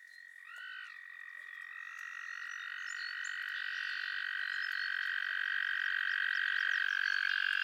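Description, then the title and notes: Frogs in chorus, a dense continuous trilling drone that swells steadily louder, with a few brief chirps early on. Chorus of frogs calling to one another on a summer evening in Miners Marsh, Annapolis Valley, Nova Scotia. "Frogsong at Miners Marsh. A chorus of frogs croon to one another on an idyllic summer evening in Miners Marsh, Annapolis Valley, Nova Scotia"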